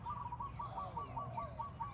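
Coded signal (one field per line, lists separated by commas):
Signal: none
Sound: bird calls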